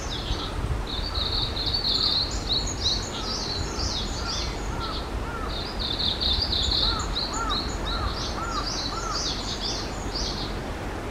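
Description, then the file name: Japanese leaf warbler delivering bright, high, rhythmic bursts of repeated notes in two long runs, with fainter lower notes and steady background noise. Recorded on 2022-05-11. "20220511 メボソムシクイ"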